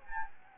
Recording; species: mosquito wingbeat signal from an infrared sensor; Anopheles gambiae